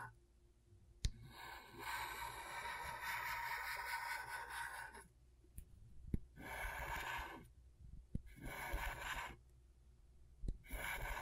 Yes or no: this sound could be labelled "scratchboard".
yes